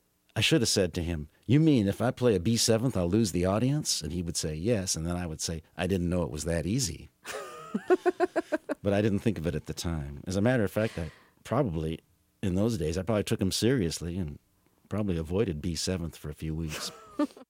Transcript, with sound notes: I should have said to him, you mean if I play a B 7th, you'll lose the audience? And he would say yes. And then I would say, I didn't know it was that easy.
(LAUGHTER)
But I didn't think of it at the time. As a matter of fact, I probably - in those days, I probably took him seriously and probably avoided B 7th for a few weeks.